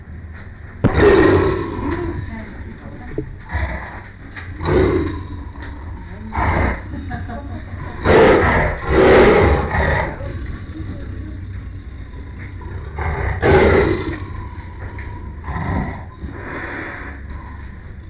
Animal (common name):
Tiger